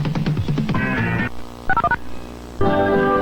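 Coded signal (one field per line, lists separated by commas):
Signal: DTMF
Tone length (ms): 60 ms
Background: music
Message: 601#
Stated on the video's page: DTMF burst used for early cable TV headend signalling, found in a vintage cable TV recording.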